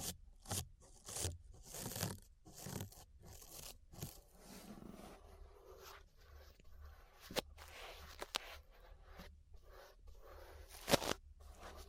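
Brushing right at the ear, with dense bursts of bristly scraping and rustling in the first four seconds, coming in quick strokes about twice a second. After that the strokes thin out into a softer, steady hiss, broken by a few sharp clicks near eight and eleven seconds.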